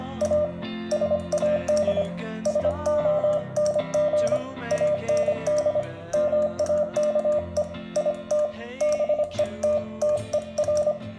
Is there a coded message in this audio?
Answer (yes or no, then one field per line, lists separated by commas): yes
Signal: Morse code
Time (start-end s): 0.2-10.9 s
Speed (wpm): 25 wpm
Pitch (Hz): 600 Hz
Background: music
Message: A SAD SONG AND MAKE IT BETTER